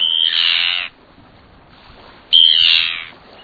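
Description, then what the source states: Arctic tern giving two long, rasping, high calls, each starting with a thin squeal and turning harsh and scratchy. Arctic terns, breeding in the Arctic and wintering in Antarctica.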